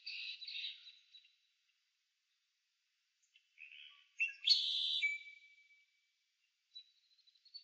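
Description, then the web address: Marsh birds calling: a buzzy, grating call to open, a pause, then a louder rasping burst ending in a thin whistle, and faint high notes after. "Partners In Rhyme Marsh Birds"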